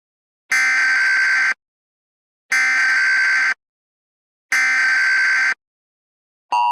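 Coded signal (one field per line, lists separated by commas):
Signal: Emergency Alert System (SAME) tones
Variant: header bursts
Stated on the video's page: Fictional EAS scenario in analog-horror style, made with macros.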